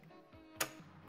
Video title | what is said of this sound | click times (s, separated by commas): Unicomp Classic 104-Key Buckling Spring Keyboard (Late 2016) | are just hollow plastic but they are very very sturdy and they kind of click into place like that | 0.6 s